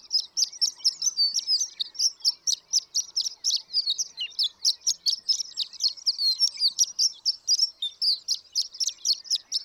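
Horned lark song, a long run of rapid, high tinkling notes delivered in quick, even succession without pause.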